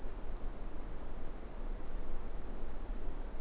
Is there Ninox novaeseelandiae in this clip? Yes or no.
no